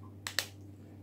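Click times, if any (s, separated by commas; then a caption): 0.3 s, 0.4 s. A plastic cover is pressed onto an iPhone 7 Plus battery case and snaps into place. Two sharp clicks ring out at 0.3 s and 0.4 s over a steady low hum, and the cover is seated.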